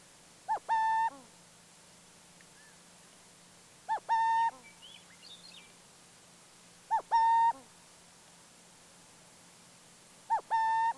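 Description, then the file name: Burrowing owl giving its two-part hoot four times, about every three seconds, a short note then a drawn-out even one. "Burrowing Owl Athene cunicularia"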